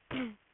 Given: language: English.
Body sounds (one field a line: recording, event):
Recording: throat vibration sensor signal played as sound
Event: throat clearing